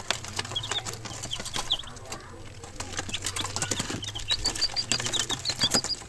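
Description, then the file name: Chicks give short, high, thin peeps in small bursts over steady crackling pops and a low continuous hum. "Chicks Popping"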